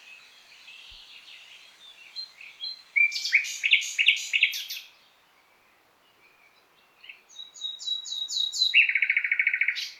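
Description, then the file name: Common nightingale song: soft twittering, then loud sharp rapid notes, a pause, and a repeated whistled series ending in a fast buzzing trill. "Luscinia megarhynchos"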